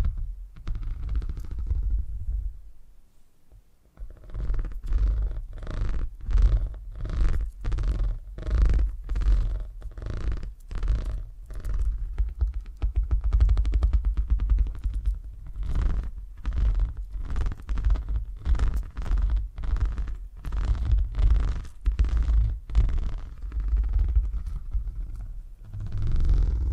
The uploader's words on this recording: ASMR Brain Tingly Purring Triggers for Sleep (No Talking).